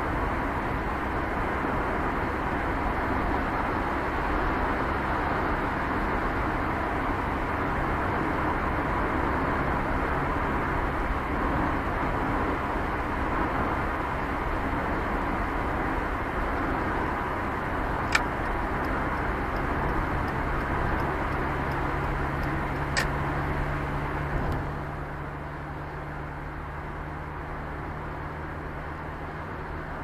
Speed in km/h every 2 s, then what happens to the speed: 46, 44, 43, 42, 41, 40, 39, 38, 35, 30, 26, 20, 13, 7, 0.
0-30 slows to 0.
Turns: none.